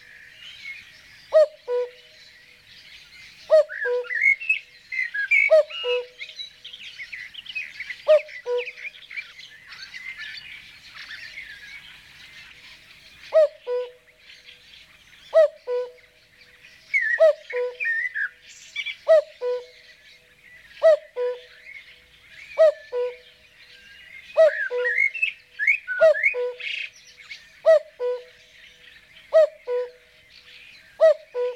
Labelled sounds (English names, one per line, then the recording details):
Common Cuckoo song
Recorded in the wild
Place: Kaiserstuhl, Baden-Württemberg, DE
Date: 1981-05-23
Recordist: Schwarz, Dieter